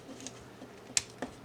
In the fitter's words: 打開這一塊的扣子，整個的拔出來